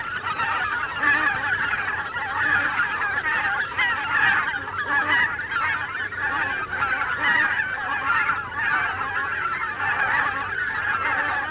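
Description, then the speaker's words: Greater white-fronted goose: greater white-fronted geese clamouring together, a thick steady wall of overlapping honks and yelps with slight swells in loudness. Flocks of thousands of geese flying over a river island, making a great din. "Какой гвалт! Это тысячные стаи белолобых гусей носятся"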